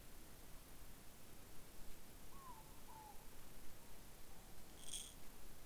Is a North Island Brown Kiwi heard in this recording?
no